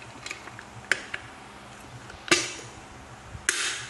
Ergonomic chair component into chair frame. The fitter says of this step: Oke, sampai ada suaranya klik gitu.